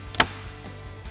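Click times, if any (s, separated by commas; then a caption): 0.1 s, 0.2 s. An XK Glow RGB and amber fender vent turn-signal housing is pressed down into the fender opening of a Jeep Wrangler JL. Two sharp plastic snaps land close together at about 0.2 s as the housing seats into place.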